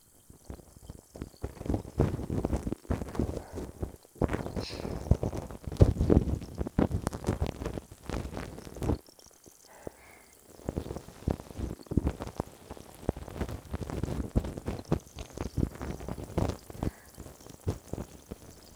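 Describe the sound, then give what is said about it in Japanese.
Dense, crackling fizz of a carbonated cotton swab working in the ear, a steady rush of tiny popping bubbles with soft scraping swells and a couple of brief pauses, no voices. “炭酸綿棒でしゅわしゅわお耳ケア♪”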